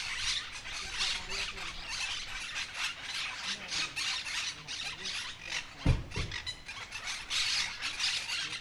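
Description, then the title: Monk parakeets keep up rasping, scratchy chatter in pulses, broken by a sharp low knock later on. Noisy flock chattering, Calle Lavadero 3, 28970 Humanes de Madrid, Madrid, Spain; Zoom H1n recorder. "Calle Lavadero, 3, Humanes de Madrid, Madrid, España - Grupo de Cotorras Argentinas"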